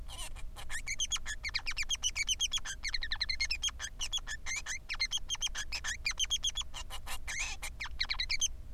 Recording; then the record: song of a male Bengalese finch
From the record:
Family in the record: son of father 3